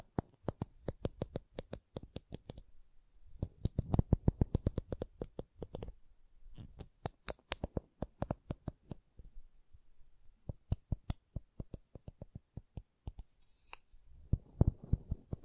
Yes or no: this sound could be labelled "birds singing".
no